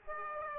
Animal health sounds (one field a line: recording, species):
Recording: mosquito wingbeat signal from an infrared sensor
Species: Aedes aegypti